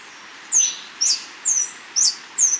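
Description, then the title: Scale-throated Hermit call, five high sharp squeaky notes given roughly every half second. Subspecies eurynome, assumed from location. "LuckyPassaro Completos2Sama. Scale-throated Hermit (Phaethornis eurynome eurynome (ssp assumed from location))"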